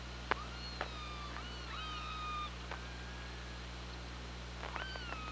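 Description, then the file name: Killer whale calls, several harmonic tones that rise then glide down slowly, overlapping one another, with sharp clicks at the start and near the end over a steady hum. Recorded on the OrcaLab hydrophone, 24 August 2017, 15:39:22. "Orca Lab UTLN JASON 20170824 153922"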